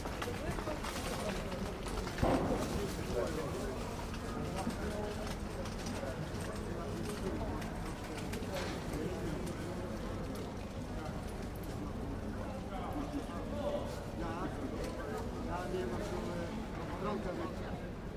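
A busy fruit market hums with many overlapping voices, a steady dense chatter with no pauses. A brief knock or clatter stands out near the two-second mark, and faint vehicle noise and occasional bird calls sit underneath the crowd.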